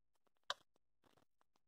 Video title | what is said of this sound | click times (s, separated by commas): Cambio de bujias ( spark plugs) Chevrolet impala 2006-2011 proceso completo | siente que hace un tipo de succión. Y de ahí un clic. | 0.5 s